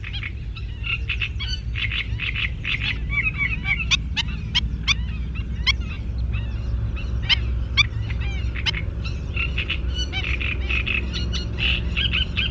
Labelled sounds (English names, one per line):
Black-winged Stilt call